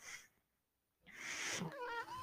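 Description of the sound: A short burst of airy hiss, a second of near silence, then a louder rushing hiss ending in a brief whistling, sliding tone. These are the airflow sounds of a home mechanical ventilator delivering a breath to the person using it.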